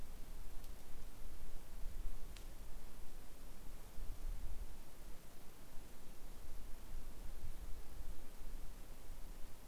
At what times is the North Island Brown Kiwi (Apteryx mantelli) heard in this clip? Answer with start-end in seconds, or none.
none